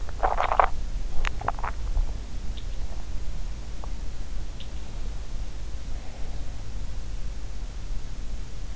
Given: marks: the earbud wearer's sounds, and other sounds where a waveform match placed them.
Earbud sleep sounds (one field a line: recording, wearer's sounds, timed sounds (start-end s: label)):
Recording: sounds in sleep by an in-ear microphone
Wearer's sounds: swallowing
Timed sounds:
0.25-0.96 s: swallowing
1.18-1.96 s: swallowing